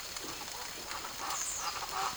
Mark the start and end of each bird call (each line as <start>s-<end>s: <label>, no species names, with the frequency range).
1.14s-2.11s: bird call (0.5-8.4 kHz)